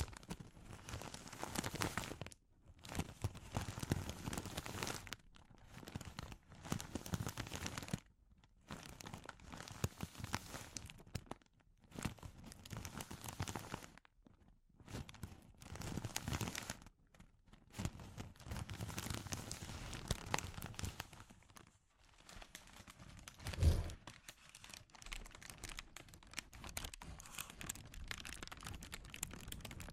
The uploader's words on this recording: ASMR Sensitive Crinkles (No Talking).